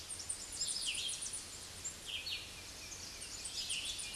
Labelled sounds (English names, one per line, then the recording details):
Red-eyed Vireo song
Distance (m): 20 m
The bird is about 15 m above the microphone
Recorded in a Pennsylvania forest on 16 May 2024 at 06:40
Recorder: AudioMoth, point MSD-0079
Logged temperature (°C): 16.1 °C
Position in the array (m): 169 m, 75 m